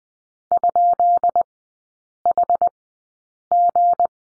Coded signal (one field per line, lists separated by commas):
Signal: Morse code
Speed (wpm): 20 wpm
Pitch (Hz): 700 Hz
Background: none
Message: ?HG